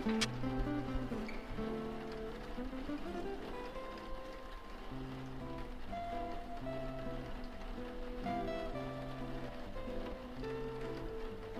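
Jazz music plays steadily through a soft cafe backdrop, with a walking low bass line and a wandering melody above it. A faint rain-like hiss sits underneath, and a single bright clink rings out right at the start.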